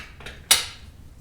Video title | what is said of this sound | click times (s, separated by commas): Installing the Graco SlimFit3 LX True3Fit LX Forward-Facing Using either Seat Belt or LATCH | get a nice solid click like that turn the seat back around | 0.5 s